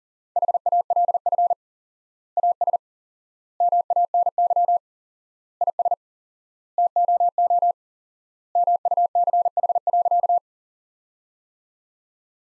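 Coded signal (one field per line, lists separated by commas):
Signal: Morse code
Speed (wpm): 37 wpm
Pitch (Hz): 700 Hz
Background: none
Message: HALF AS MANY IS TOO MUCH.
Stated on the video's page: Morse practice of sentences from the top 400 words at 40 wpm with 4x standard word spacing, a Farnsworth-like method.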